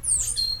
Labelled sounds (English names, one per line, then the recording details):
Stitchbird song
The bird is a male
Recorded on Tiritiri Matangi Island, New Zealand, in 2005
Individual 19, of nest box 27